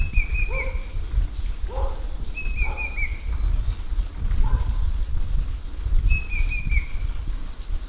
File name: cuckoo-banded-bay Cacomantis-sonneratii